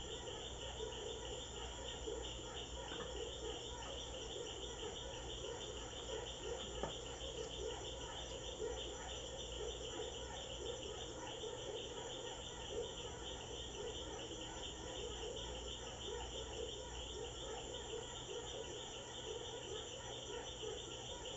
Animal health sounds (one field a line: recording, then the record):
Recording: honeybee defence experiment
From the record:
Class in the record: control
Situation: empty test tube, no live specimens